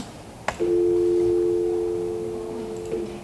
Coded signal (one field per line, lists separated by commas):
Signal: telephone call progress tone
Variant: North America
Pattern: dial tone